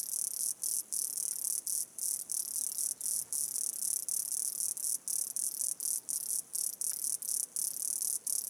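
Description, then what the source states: Insect song, a shrill, very high sizzling trill broken into bursts by tiny silences. Soundscape recorded in Chapada Diamantina park, Brazil.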